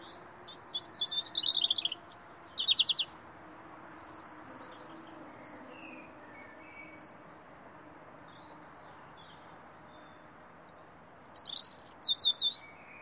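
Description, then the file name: European robin song: a high, thin warbling phrase of trills and tinkling notes for about three seconds, a long quiet gap with faint notes, then another bright phrase. "Erithacus rubecula"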